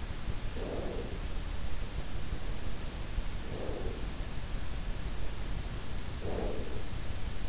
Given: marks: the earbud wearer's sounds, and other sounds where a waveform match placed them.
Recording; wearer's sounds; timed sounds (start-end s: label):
sounds in sleep by an in-ear microphone; breath
0.22-1.64 s: breath
3.01-4.38 s: breath
5.94-7.05 s: breath